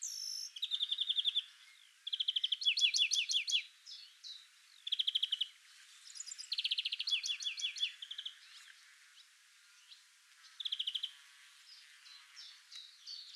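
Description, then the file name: European greenfinch twittering in bursts of fast, rattling trills and quick chirps, phrases broken by short pauses, with a few thin high whistles between. "Chloris chloris"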